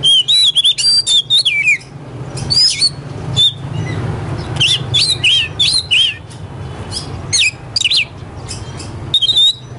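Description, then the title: Oriental magpie-robin song with loud bursts of whistled, warbling phrases broken by short pauses, over a low steady hum. Competition magpie-robin ('kacer poci'), national champion, singing 'gacor' with 'nembak' and 'ngerol' song styles; seven kinds of sound every three minutes. "Kacer Poci Gacor Nembak Dan Ngerol Juara Nasional. 7 macam suara kacer setiap 3 menit"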